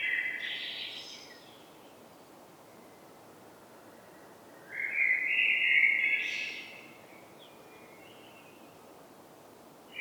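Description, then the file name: Common blackbird singing short fluted phrases separated by pauses, one louder midway with a squeaky high ending. "Turdus merula"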